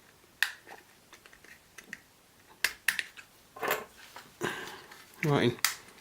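A plastic gear housing part from a robot kit's gear assembly is handled and pressed toward the kit body, with sharp plastic clicks and rattles at about 0.4, 1.8, 1.9, 2.7, 2.9 and 3.0 seconds while someone talks. Nothing has seated or snapped into place yet by the end of the clip.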